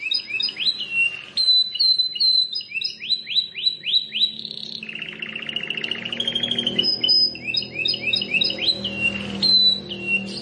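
Plain prinia song: sharp chirps and quick rising upswept notes in runs, then a buzzy rattling trill, followed by more rapid chirping phrases.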